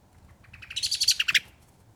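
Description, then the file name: Common blackbird giving a short burst of rapid, harsh chattering notes that swell in loudness and then stop abruptly, over a quiet background. "Turdus merula"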